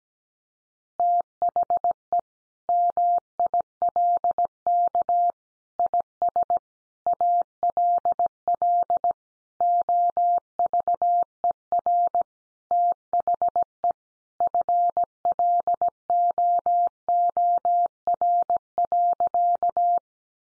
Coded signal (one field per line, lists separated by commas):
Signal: Morse code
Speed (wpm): 17 wpm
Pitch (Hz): 700 Hz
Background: none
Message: THE MILK IS ALL OVER THE FLOOR.